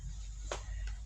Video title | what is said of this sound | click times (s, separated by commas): Needle felting 🤦‍♀️ (my fingers😭) and Legos. | Something easy. And then they snap into place. That's that. | 0.5 s, 0.9 s